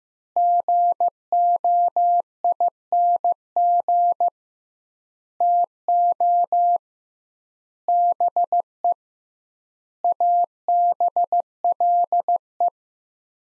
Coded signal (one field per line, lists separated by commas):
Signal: Morse code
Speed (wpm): 15 wpm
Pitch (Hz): 700 Hz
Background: none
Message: GOING TO BE ABLE